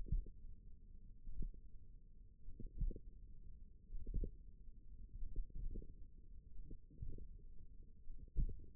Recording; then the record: forearm muscle sounds (acoustic myography)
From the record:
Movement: tripod grip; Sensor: system 1, eight BSWA MPA416 microphones around the upper forearm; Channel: 1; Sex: female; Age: 21 years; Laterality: right